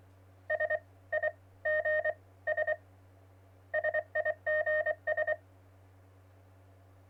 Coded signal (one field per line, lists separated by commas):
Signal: Morse code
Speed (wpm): 24 wpm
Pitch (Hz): 620 Hz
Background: none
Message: SIGS SIGS